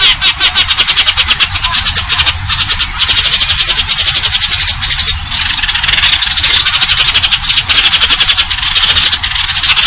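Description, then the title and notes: Eurasian tree sparrow delivering high, rapid chirps and trills nonstop over a low steady hum. Fighting-type song with long trills and clear voice, used as a masteran tutor recording for contest birds. "GEREJA TARUNG NEMBAK PANJANG SUARA JERNIH MASTERAN WAJIB BURUNG LOMBA. Burung Gereja"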